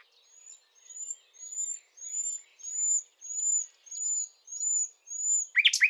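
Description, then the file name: Common nightingale song: a slow steady series of about ten high sliding whistled notes, ending in a sudden burst of loud rich notes. "Luscinia megarhynchos"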